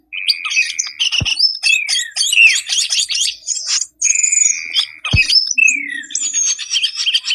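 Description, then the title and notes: Birds in a busy chorus of twittering, downslurred whistles and steady mid-pitched notes, broken by two sharp clicks. Compilation of lure sounds meant to attract stubborn, wary birds that are hard to approach. "Suara Burung Bandel Yang Susah Mendekati. Kompilasi Suara Pikat Burung"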